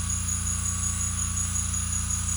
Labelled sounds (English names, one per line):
none